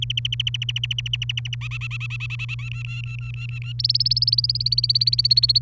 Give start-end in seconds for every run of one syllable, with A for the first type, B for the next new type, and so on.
0.02-1.55 A, 1.61-2.69 B, 2.71-3.72 C, 3.79-5.58 D